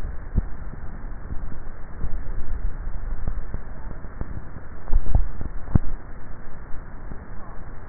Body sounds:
swallowing sounds by neck microphone; 1
4.95-5.82 s: swallow
From the record:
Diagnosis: dysphagia

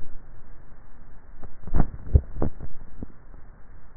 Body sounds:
swallowing sounds by neck microphone; 1
1.75-2.62 s: swallow
From the record:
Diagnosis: dysphagia

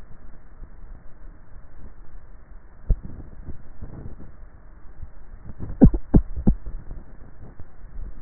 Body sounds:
swallowing sounds by neck microphone; 1
2.82-3.68 s: swallow
From the record:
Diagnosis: dysphagia

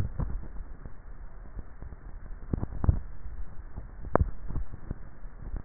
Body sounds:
swallowing sounds by neck microphone; 2
2.63-3.57 s: swallow
4.03-4.90 s: swallow
From the record:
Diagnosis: dysphagia

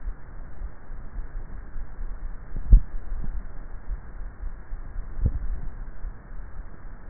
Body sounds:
swallowing sounds by neck microphone; 2
2.58-3.38 s: swallow
5.08-5.68 s: swallow
From the record:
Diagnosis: dysphagia

